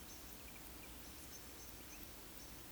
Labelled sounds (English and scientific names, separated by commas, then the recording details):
Eurasian Woodcock (Scolopax rusticola) whistle
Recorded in Baden-Württemberg, Germany, on 13 June 2021 at 19:42 UTC
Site 23718, 552 m above sea level